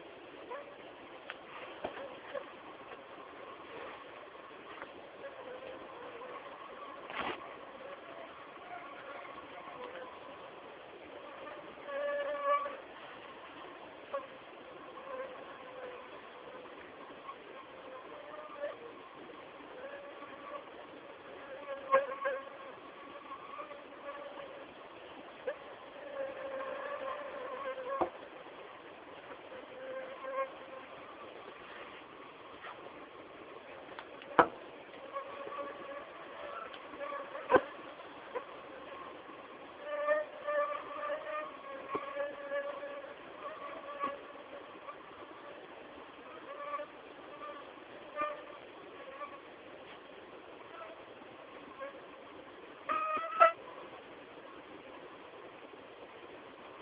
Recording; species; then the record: mosquito flight sound by mobile phone; Anopheles gambiae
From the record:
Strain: Kisumu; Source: CDC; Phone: Samsung T209